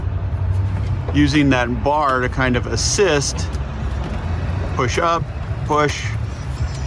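The pop-top roof lift of a truck camper is pushed up by hand with an assist bar, working the pop-up camper roof toward locking into its raised position, while someone talks over a steady low rumble. Nothing has seated or clicked yet; the clip ends just before the roof locks into place.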